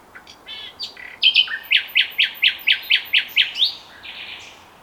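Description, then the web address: Common nightingale song opening with soft notes, then a loud even series of repeated whistled notes, fading into a buzzy tail. "SETE Luscinia megarhynchos"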